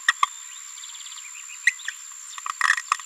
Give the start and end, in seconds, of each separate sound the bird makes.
0.08-0.12, 0.23-0.26, 1.67-1.70